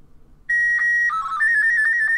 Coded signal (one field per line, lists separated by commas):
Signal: SSTV (slow-scan television)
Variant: Martin 2